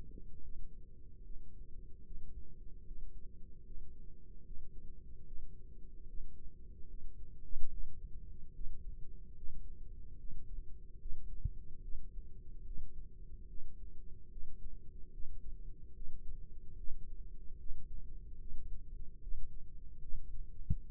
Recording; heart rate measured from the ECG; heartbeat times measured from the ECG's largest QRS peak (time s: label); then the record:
heart sounds by microphone in the left ear; 74 bpm
0.43 s: heartbeat
1.24 s: heartbeat
2.05 s: heartbeat
2.85 s: heartbeat
3.65 s: heartbeat
4.45 s: heartbeat
5.26 s: heartbeat
6.07 s: heartbeat
6.88 s: heartbeat
7.70 s: heartbeat
8.53 s: heartbeat
9.36 s: heartbeat
10.18 s: heartbeat
11.00 s: heartbeat
11.82 s: heartbeat
12.65 s: heartbeat
13.47 s: heartbeat
14.30 s: heartbeat
15.12 s: heartbeat
15.94 s: heartbeat
16.77 s: heartbeat
17.58 s: heartbeat
18.39 s: heartbeat
19.20 s: heartbeat
20.01 s: heartbeat
20.82 s: heartbeat
From the record:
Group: healthy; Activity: Valsalva maneuver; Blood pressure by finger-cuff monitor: 117/76 mmHg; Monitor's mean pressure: 89 mmHg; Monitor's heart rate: 73 bpm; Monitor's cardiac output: 5.6 L/min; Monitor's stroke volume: 77 mL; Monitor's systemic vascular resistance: 1160 dyn s/cm5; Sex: female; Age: 37 years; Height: 168 cm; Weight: 70 kg